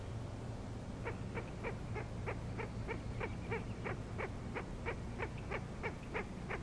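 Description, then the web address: Frog giving quick pulsed calls, about three per second in a steady run, over a soft low hum. Frog chorus recorded at Grafton Lake on 3 May 2009. "The Frog Chorus Tunes Up On Grafton Lake"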